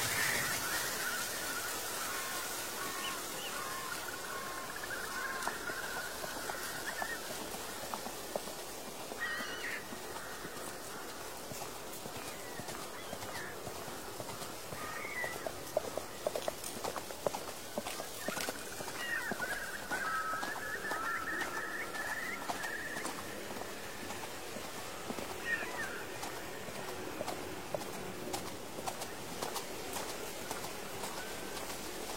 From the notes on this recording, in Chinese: 秋天古道夕阳下的马蹄声、落叶声、远处的深山鸟鸣和古寺钟声